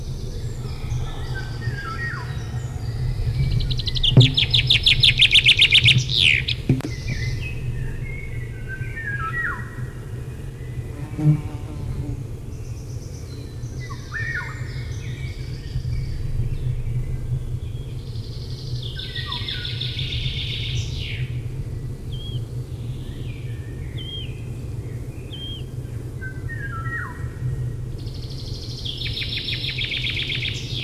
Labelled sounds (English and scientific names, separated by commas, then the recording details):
Eurasian Golden Oriole (Oriolus oriolus) song
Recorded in the wild
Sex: male
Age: adult
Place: Feldberg - Koldenhof, Mecklenburgische Seenplatte, Mecklenburg, DE
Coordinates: 53.3339, 13.3186
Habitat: mixed forest
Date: 1976-06-27 19:05
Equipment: Uher CR 210, Sennheiser MD 421 HL, Verstärker, Reflektor, Kopie Uher 4200
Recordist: Tembrock, Günter